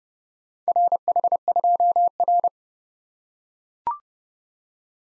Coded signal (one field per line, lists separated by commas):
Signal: Morse code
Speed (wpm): 28 wpm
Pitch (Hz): 700 Hz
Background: none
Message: RH2R